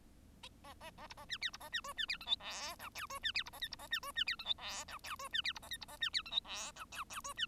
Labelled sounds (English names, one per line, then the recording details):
Bengalese Finch song
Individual Bird1